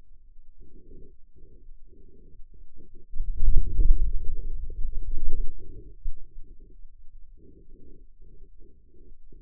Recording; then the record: forearm muscle sounds (acoustic myography)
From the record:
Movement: wrist flexion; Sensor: system 2, bracelet of six BSWA MPA416 microphones around the upper forearm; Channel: 5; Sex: male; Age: 22 years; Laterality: right